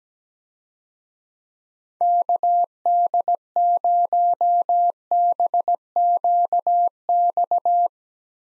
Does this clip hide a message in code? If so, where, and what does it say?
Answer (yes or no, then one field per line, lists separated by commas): yes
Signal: Morse code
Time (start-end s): 2.0-7.9 s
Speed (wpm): 17 wpm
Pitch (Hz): 700 Hz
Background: none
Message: KD0BQX